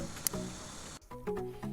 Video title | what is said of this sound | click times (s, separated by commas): Shimoda Explore V2 35L 开箱 | 上部的这个束带，也扣上然后拉紧，就完成收纳了 | 0.3 s